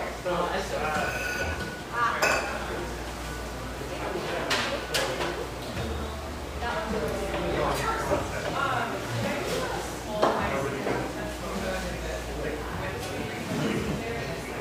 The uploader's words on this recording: Grant Park, Portland, Oregon. Our final Portland recording session (for now) takes place in this industrial-aesthetic cafe in Portland's pictureesque Grant Park neighborhood.